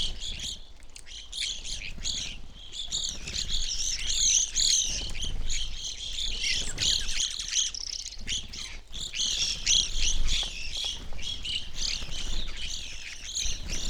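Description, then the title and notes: Evening grosbeak chorus: a long, thick wash of burry chirps from many birds, almost unbroken, thinning briefly near the middle before swelling again. Flock feeding on sunflower seeds at a feeder hanging from a birch in a backyard, McCloud, Siskiyou County, California; relatively warm winter morning; two microphones either side of the tree trunk. "I recorded this at my home in the small town of McCloud in Siskiyou County, California. It was a relatively warm winter morning, and a flock of Evening Grosbeaks was busily eating a breakfast of sunflower seeds from a feeder hanging from the branch of a birch tree in my backyard."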